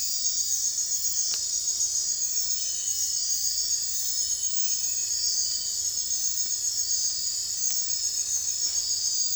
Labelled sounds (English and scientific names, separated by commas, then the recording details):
none
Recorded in dense forest near Puerto Asís, Putumayo, Colombia, on 26 December 2024 at 02:00
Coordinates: 0.468, -76.322
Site G071